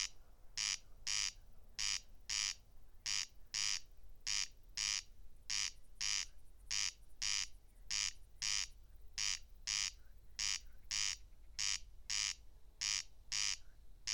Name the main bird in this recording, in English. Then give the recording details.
Corn Crake. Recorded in the wild. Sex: male. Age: adult. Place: Schwedt/Oder, Nationalpark Unteres Odertal, Brandenburg, DE. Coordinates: 53.0384, 14.292. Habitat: meadow. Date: 2020-07-08 22:55. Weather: 11°C, 90% humidity, almost windless. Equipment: Edirol R44, Microtech Gefell MK 250/MV220. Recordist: Frommolt, Karl-Heinz